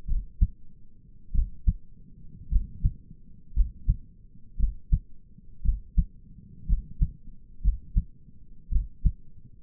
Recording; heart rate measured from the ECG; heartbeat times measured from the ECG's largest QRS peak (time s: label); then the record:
heart sounds by stethoscope; 56 bpm
0.09 s: heartbeat
1.34 s: heartbeat
2.51 s: heartbeat
3.55 s: heartbeat
4.59 s: heartbeat
5.64 s: heartbeat
6.68 s: heartbeat
7.63 s: heartbeat
8.71 s: heartbeat
From the record:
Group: healthy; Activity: rest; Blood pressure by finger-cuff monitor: 100/65 mmHg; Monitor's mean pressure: 78 mmHg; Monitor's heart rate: 58 bpm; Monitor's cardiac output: 5.2 L/min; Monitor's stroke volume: 92 mL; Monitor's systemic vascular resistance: 1060 dyn s/cm5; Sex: male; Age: 22 years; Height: 181 cm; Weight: 79 kg